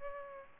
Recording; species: mosquito wingbeat signal from an infrared sensor; Aedes aegypti